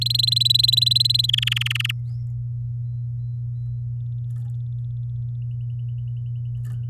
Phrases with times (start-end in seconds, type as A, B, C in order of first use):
0.01-1.26 A, 1.28-1.92 B